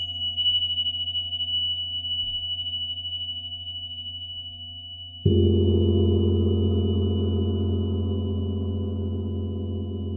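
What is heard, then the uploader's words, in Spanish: Tibetan singing bowls ring with long, sustained tones: a low hum, a middle note and a high, thin ringing that wobble slowly as they fade. At about five seconds a new bowl is struck, adding a fuller, louder low-middle tone that pulses steadily and decays gradually. Cuencos Tibetanos.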